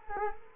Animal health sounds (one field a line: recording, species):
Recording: mosquito wingbeat signal from an infrared sensor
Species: Culex quinquefasciatus